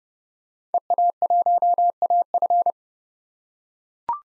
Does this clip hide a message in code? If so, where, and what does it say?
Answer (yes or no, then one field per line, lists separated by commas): yes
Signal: Morse code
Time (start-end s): 0.7-2.7 s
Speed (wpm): 30 wpm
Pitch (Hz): 700 Hz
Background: none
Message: EA1AF